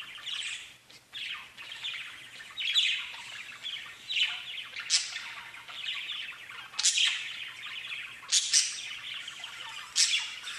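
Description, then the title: Budgerigar chatter, steady warbling with sharp high chirps and squawks spaced a second or two apart. "Budgie Sounds"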